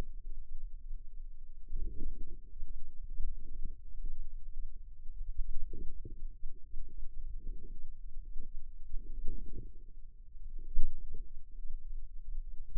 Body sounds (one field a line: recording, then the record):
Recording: forearm muscle sounds (acoustic myography)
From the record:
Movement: inward rotation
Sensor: system 2, bracelet of six BSWA MPA416 microphones around the upper forearm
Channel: 2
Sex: female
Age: 22 years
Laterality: right